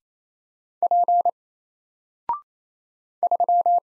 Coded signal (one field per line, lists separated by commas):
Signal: Morse code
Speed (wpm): 27 wpm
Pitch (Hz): 700 Hz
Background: none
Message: P 3